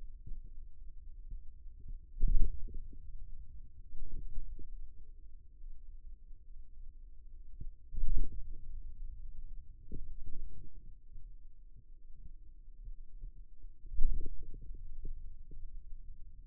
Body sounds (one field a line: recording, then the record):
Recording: forearm muscle sounds (acoustic myography)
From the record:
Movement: hand opening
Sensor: system 2, bracelet of six BSWA MPA416 microphones around the upper forearm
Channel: 2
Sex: male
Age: 22 years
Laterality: right